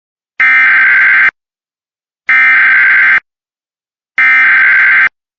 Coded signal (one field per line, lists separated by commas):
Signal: Emergency Alert System (SAME) tones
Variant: header bursts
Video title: Better quality voice! LAE (EAS 90) (We made it!) (10 more EAS videos before the 💯 EAS)